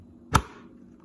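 A removable divider panel is pushed into its slot inside a Bodega Model-TWW75 80-quart portable fridge/freezer cooler compartment. A single sharp, broadband click sounds at 0.4 s, followed by only faint background noise. The divider is seated and locked in place.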